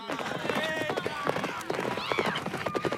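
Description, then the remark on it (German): Horses gallop off, their hoofbeats a rapid, uneven run of loud thuds, with raised voices and commotion mixed in throughout. “Auf die Pferde! Schnell!”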